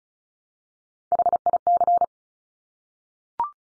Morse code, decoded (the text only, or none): HIC